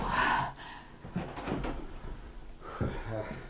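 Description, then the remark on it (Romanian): In a radio play, a door is opened with a soft clatter and shuffling, followed by a short burst of mid-pitched rattling and a muffled thump near the end, with faint voices. “Laura Wakefield, îți poruncesc să te duci, să deschizi ușa.”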